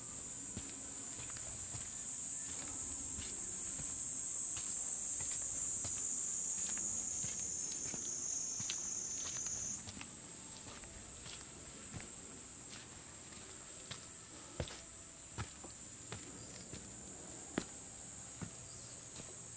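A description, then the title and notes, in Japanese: A walk through summer mountains, with a steady high insect drone that shifts pitch near ten seconds and scattered soft clicks and taps throughout. 環境音 夏山を歩く。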